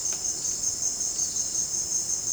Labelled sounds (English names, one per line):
none